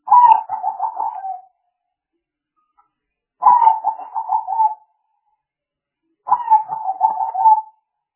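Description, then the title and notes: Spotted dove cooing: three phrases of pulsed, throaty low coos, each about a second and a half long, repeated roughly every three seconds with silence between. Compilation of calls used as a lure for catching the birds (pikat). "Pikat Burung Tekukur. Kumpulan suara burung tekukur"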